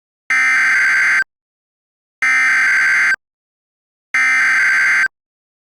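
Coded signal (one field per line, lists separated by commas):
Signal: Emergency Alert System (SAME) tones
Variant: header bursts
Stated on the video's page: Fictional, simulated EAS tornado scenario.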